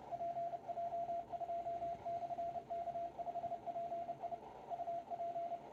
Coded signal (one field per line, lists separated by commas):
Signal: Morse code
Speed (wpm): 29 wpm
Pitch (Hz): 680 Hz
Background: radio noise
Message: PJ2/K5PI UP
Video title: Working DX "Split" on CW - Curacao - PJ2/K5PI